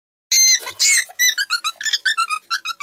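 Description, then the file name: Monkey chattering calls: two loud harmonic shrieks followed by a rapid run of short squeaky chirps. "crazy monkey"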